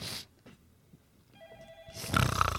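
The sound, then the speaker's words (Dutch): A single short burst of telephone ringing on an outgoing call to the radio station Topradio, a steady buzzing tone lasting under a second, followed by a surge of loud, rough rumbling noise. “Belt naar radio, topradio. Die neemt na zelf de telefoon op.”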